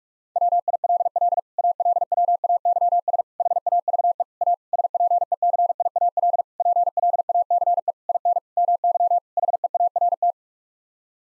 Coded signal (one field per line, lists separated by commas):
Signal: Morse code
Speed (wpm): 42 wpm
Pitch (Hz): 700 Hz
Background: none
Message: WILL ALWAYS HAVE A SPECIAL PLACE IN MY HEART